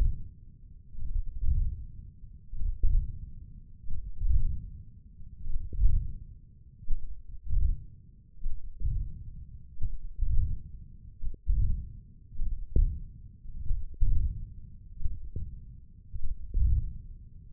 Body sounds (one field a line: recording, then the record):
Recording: forearm muscle sounds (acoustic myography)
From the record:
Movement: hand opening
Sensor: system 1, eight BSWA MPA416 microphones around the upper forearm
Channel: 1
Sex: male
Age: 20 years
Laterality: left